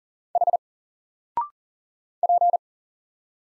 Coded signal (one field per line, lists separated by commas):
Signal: Morse code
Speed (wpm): 40 wpm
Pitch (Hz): 700 Hz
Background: none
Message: H P